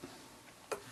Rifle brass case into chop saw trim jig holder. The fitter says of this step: brass goes in there and snaps in place and there is a little play in it but it's